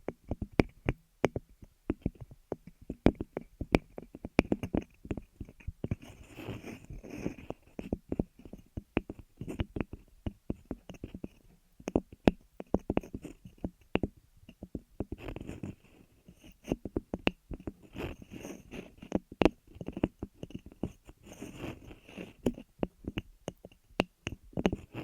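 Ear massage and cleaning: a dense run of soft rubbing and crackling touches, with sharp little pops and clicks scattered through the whole clip. The sound stays low and muffled, with brief brighter scratches and no real pauses.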